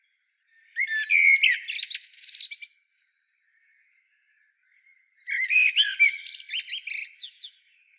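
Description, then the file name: Common blackbird song of two dense phrases, whistled notes mixed with rapid squeaky twittering, with a quiet stretch between them. "Turdus merula"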